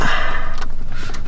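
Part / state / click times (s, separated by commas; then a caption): radio head unit into car dash opening / not seated / none. A radio head unit, part of an AVANT 4 navigation install in a BMW E46, is pushed into the car's dash opening but does not go all the way in because it is not seating correctly. Soft scraping and rustling run through the clip, with one brief sharp knock at about 1.3 s. Nothing has seated or clicked yet.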